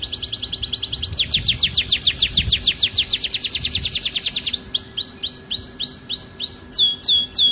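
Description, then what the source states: Atlantic canary song, a quick even trill, then a slower rolling run, then widely spaced curling whistles; soft background hiss and low tone. Kenari (canary) in the 'kalitan' style, titled 'gaya gela gelo'.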